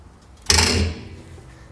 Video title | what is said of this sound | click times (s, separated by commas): B and W Companion OEM 5th Wheel Hitch with Slider Installation - 2017 Chevrolet Silverado 3500 | Once we hear it click, we know our head is locked into place. | 0.5 s